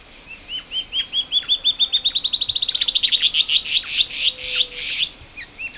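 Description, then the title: Band-tailed antbird song: a long series of high whistled notes that speeds up and rises, then slows into buzzier, harsher notes, ending with a few faint calls. "LuckyPassaro Completos2Sama. Band-tailed Antbird (Hypocnemoides maculicauda)"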